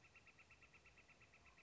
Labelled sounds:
Northern Flicker

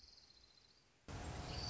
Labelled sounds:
Orange-crowned Warbler

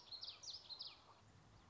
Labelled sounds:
Common Yellowthroat

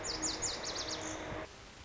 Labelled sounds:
Lazuli Bunting

